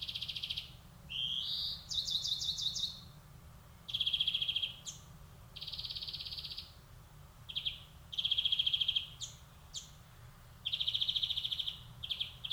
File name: Chloris chloris